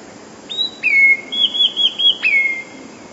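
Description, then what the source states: Passerine: songbird song: pure whistled tones stepping between two pitches, broken by a rapid wavering trill and sharp clicks, clear over low background noise. Song (śpiew) from a collection of passerine recordings.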